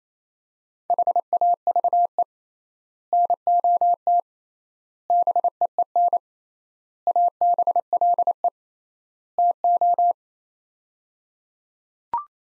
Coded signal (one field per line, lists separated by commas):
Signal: Morse code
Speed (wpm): 27 wpm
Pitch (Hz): 700 Hz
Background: none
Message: HAVE NOT BEEN ABLE TO